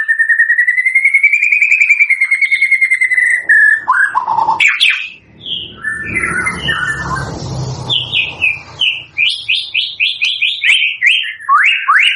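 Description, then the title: White-rumped shama song: a long steady whistled trill, then rich varied whistles and slurred phrases, with a burst of low rumbling noise in the middle. Lure song used for bird trapping (pikat). "PANCINGAN MURAI BATU GACOR"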